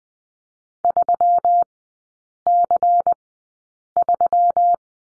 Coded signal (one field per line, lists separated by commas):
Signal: Morse code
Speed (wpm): 20 wpm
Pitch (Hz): 700 Hz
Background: none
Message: 3C3